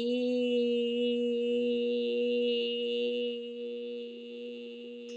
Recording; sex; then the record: sustained vowel /i/; female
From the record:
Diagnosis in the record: healthy control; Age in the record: 61 years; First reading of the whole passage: 67 s, 7.7 characters per second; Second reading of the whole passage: 54 s, 9.6 characters per second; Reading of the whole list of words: 44 s, 6.4 characters per second